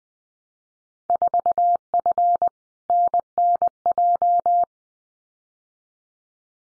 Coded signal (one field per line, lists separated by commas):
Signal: Morse code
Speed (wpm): 20 wpm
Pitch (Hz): 700 Hz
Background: none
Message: 4F NNJ